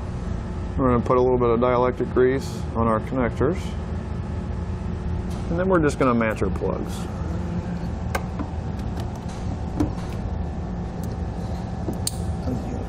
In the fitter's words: Push them in to hear them click.